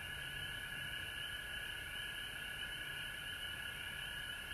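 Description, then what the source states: Frog chorus, dense shrill trilling held at steady pitch with a fainter high band, continuous with no breaks. Recorded at home in Georgia on March 19, 2020.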